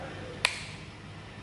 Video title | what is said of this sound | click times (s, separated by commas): ALTHEA unboxing a concept set - first impression cushion and review all set | Itu kalian bisa tinggal masukin di sini dan sampai bunyinya klik. | 0.5 s